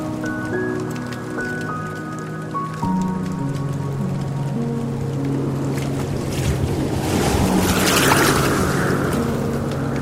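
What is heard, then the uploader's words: Soft, sustained piano notes ring out in slow, overlapping chords, shifting every second or two over a low, steady drone. Gentle water rushes underneath throughout, swelling into a brighter wash of surf in the second half before easing slightly. Dreamy piano and gentle water sounds. Soothing waterfall.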